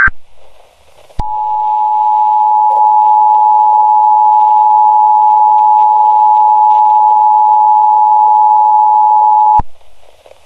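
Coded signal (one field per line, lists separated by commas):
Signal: Emergency Alert System (SAME) tones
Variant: 853 and 960 Hz attention tone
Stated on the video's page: Fictional what-if EAS scenario, a mock sub-alert and not a real event.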